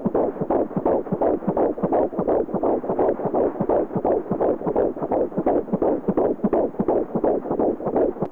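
A steady, regular heartbeat with quick repeating thumps at about 165 sounds a minute, paired first and second heart sounds near 80 to 85 beats a minute, in an adult. A loud whooshing noise fills the gaps between beats throughout.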